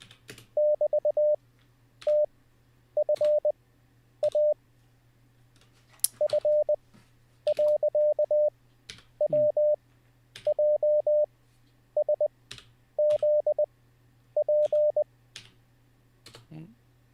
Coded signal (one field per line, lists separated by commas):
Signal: Morse code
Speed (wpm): 20 wpm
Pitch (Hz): 600 Hz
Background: speech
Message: <BT>TFA F.WJSZP